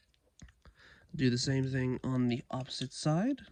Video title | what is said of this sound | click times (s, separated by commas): TRANSFORMERS LEGACY UNITED CYBERTRON STARSCREAM REVIEW | and then straighten out the feet. Also, it does click into place. | 0.4 s